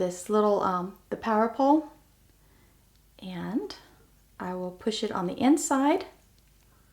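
Someone talks while handling a crimped metal contact to push it into the plastic housing of an Anderson Powerpole power connector, where its retaining spring is meant to click over the edge. Nothing has seated or clicked yet.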